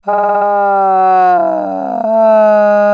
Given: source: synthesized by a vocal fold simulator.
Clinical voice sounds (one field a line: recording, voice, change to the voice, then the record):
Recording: sustained vowel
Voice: female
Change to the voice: asymmetry, level 36 of 51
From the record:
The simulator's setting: 4.50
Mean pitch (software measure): 192 Hz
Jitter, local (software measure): 0.79%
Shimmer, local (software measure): 3.0%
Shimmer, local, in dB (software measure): 0.34 dB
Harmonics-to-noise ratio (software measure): 24.9 dB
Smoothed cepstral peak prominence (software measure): 15.9 dB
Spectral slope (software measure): -23.1 dB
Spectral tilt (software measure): -12.7 dB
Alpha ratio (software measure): -13.6 dB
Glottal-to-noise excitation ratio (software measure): 0.899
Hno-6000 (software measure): 2.4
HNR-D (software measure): 33.1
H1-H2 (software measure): -1.4 dB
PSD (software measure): 1.4e-03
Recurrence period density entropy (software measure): 0.121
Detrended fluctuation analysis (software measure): 0.0227